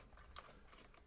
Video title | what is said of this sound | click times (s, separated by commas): Zoom r16 basic tutorial | so I'm going to put the card in clicks in place we're good there | 0.4 s, 0.7 s